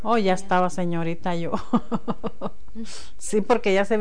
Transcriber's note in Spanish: risas